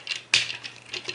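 A plastic part of a FansProject TFX-01B Shadow Commander transforming robot figure is slid along its groove on the robot body. A sharp click at 0.3 s marks it clipping in at its intended spot. Faint rubbing sounds surround the click, and the part is seated.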